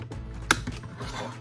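A plastic panel on a Transformers Siege for Cybertron Jetfire robot figure is folded up during transformation and seated onto the side of the figure. A single sharp, loud click at 0.5 s marks the panel snapping into place, with softer plastic handling sounds before and after. The panel is seated.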